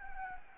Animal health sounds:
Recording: mosquito wingbeat signal from an infrared sensor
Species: Anopheles gambiae

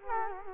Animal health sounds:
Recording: mosquito wingbeat signal from an infrared sensor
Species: Culex quinquefasciatus

